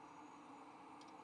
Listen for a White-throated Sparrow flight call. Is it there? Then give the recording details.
no. No flight call is heard. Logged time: 21:58 on 4 December 2014